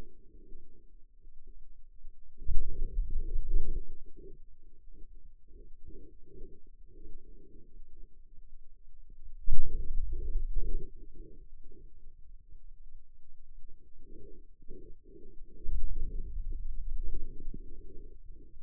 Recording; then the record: forearm muscle sounds (acoustic myography)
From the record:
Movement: finger pinch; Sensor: system 2, bracelet of six BSWA MPA416 microphones around the upper forearm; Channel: 5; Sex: male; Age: 22 years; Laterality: right